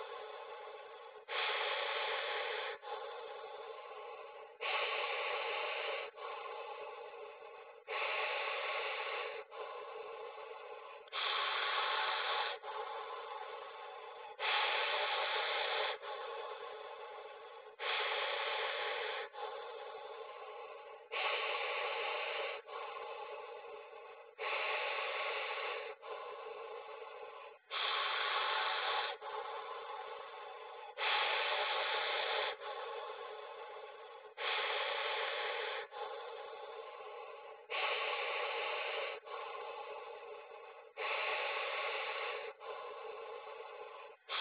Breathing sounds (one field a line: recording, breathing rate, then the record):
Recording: paced breathing near a phone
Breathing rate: 18 breaths a minute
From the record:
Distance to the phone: 40 cm